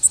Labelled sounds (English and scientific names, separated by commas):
Worm-eating Warbler (Helmitheros vermivorum) flight call